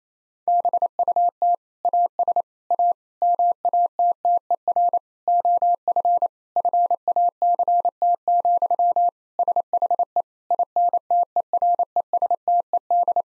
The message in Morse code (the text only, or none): BUT AS A MATTER OF FACT, SHE INTERESTED